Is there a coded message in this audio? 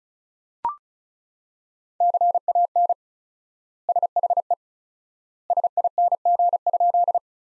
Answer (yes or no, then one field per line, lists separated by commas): yes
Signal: Morse code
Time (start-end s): 2.0-7.2 s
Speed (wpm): 36 wpm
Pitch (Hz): 700 Hz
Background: none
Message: CAN SHE SING?